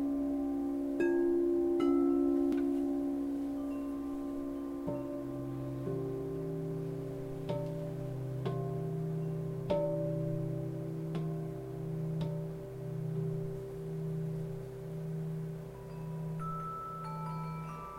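Crystal singing bowls ring in long, steady low tones that overlap and sustain throughout. Light chimes strike every second or two, adding brief bright accents above. Later, a deep tone begins pulsing in slow, regular waves beneath the held notes.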